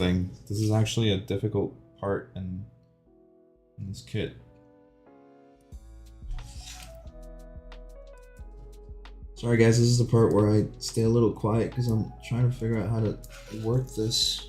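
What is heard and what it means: A difficult plastic part from an MGEX Strike Freedom model kit is handled and lined up against the mating part of the assembly while the builder works out how it fits, with someone talking at the start and end and music playing in the background. Faint short handling sounds come through at about 6.4, 7.7 and 9.1 seconds during the quiet middle stretch. Nothing has seated or clicked yet; the part is still being handled before it is pressed home.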